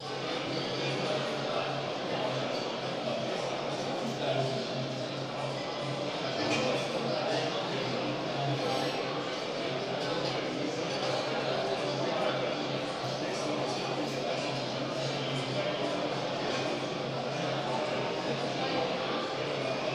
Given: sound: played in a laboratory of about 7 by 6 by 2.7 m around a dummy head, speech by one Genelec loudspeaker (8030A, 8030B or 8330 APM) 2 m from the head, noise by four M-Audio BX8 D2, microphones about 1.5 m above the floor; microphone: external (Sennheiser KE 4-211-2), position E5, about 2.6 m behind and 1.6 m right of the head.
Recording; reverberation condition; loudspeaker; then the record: cafeteria noise; high; four, about 170 cm from the corners of the room and facing them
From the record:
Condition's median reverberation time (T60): about 1300 ms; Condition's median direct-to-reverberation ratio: about -4.0 dB